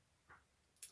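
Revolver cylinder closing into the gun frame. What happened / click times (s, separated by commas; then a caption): A metal part snapped shut into its frame / 0.8 s. After BBs are loaded into the rear of the shells, the cylinder of a UHC Smith & Wesson 6" M19 airsoft revolver is swung back into its frame. A softer, duller sound comes around 0.3 s, then a single short, bright tick at 0.8 s as the cylinder snaps into place, though the ejector rod does not always snap back to face properly.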